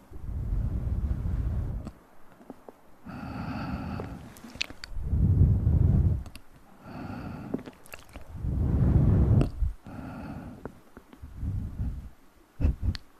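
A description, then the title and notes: Ear massage: deep muffled rubbing surges in slow waves every few seconds, with soft tonal hums and crisp wet mouth clicks between them. Intense Ear Massage & Mouth Sounds.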